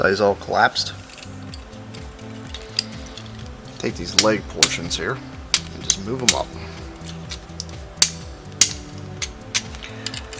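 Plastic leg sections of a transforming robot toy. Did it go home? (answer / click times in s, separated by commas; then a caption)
yes / 8.0 s, 8.6 s. Someone talks while the plastic leg sections of a folded, collapsed transforming robot toy are moved up by hand, with light plastic handling sounds. They lock into place with sharp, healthy clicks at 8.0 s and 8.6 s, and the legs are seated.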